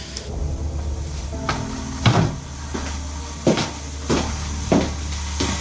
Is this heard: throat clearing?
no